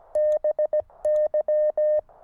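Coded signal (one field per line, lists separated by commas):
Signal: Morse code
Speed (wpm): 22 wpm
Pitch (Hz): 610 Hz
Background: none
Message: BY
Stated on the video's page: QRP portable station using a Weber MTR with 4S tuner and QRPGuys tri-band vertical antenna, operated while camping.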